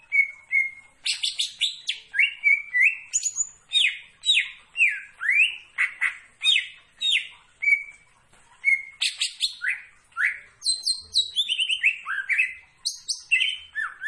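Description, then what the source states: Greater green leafbird delivering a long, varied song of slurred whistles and sharp high notes, with brief pauses between bursts. Described as gacor, singing actively.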